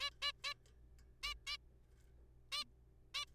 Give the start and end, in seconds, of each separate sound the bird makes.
0.00-0.10, 0.22-0.31, 0.44-0.53, 1.23-1.33, 1.47-1.57, 2.52-2.63, 3.15-3.25